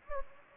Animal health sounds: mosquito wingbeat signal from an infrared sensor; Anopheles gambiae

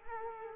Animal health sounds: mosquito wingbeat signal from an infrared sensor; Culex quinquefasciatus

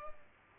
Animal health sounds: mosquito wingbeat signal from an infrared sensor; Culex pipiens

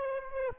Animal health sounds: mosquito wingbeat signal from an infrared sensor; Aedes aegypti

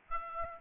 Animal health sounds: mosquito wingbeat signal from an infrared sensor; Aedes aegypti

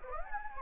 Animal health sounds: mosquito wingbeat signal from an infrared sensor; Anopheles gambiae

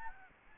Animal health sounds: mosquito wingbeat signal from an infrared sensor; Aedes albopictus

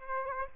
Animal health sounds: mosquito wingbeat signal from an infrared sensor; Aedes aegypti

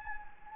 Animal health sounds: mosquito wingbeat signal from an infrared sensor; Anopheles gambiae

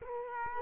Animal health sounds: mosquito wingbeat signal from an infrared sensor; Culex quinquefasciatus

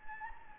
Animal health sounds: mosquito wingbeat signal from an infrared sensor; Anopheles gambiae

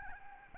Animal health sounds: mosquito wingbeat signal from an infrared sensor; Aedes albopictus

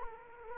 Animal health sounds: mosquito wingbeat signal from an infrared sensor; Culex quinquefasciatus

